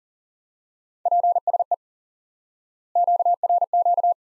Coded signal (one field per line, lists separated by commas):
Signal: Morse code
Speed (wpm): 40 wpm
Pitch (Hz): 700 Hz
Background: none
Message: PSE QRQ